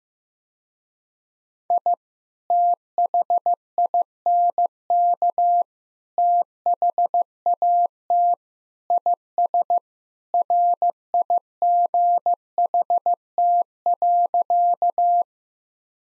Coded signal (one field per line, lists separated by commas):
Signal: Morse code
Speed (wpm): 16 wpm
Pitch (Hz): 700 Hz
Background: none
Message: I THINK THAT IS RIGHT.